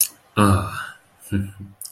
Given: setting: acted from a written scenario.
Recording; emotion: vocal sound without words; romantic love